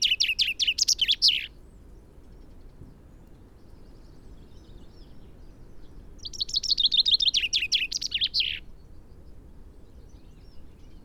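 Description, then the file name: Common chaffinch singing twice, each phrase a quick series of sharp descending notes ending in a flourish, separated by a few seconds of near silence. "Fringilla coelebs"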